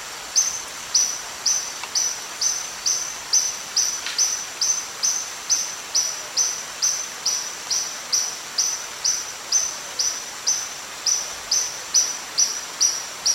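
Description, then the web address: Spotted tody-flycatcher singing a long, steady series of sharp, high, clipped notes, a little over two per second, with little change in pitch. Eastern lowlands of South America. "Natures Songs S America Eastern Lowlands. Spotted Tody-Flycatcher"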